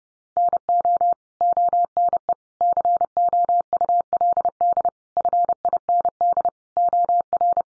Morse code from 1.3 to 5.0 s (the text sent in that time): ONE COULD